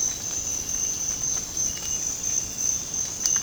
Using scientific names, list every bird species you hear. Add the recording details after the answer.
none. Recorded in dense forest near Puerto Asís, Putumayo, Colombia, on 30 June 2025 at 05:30. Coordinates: 0.486, -76.317. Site G065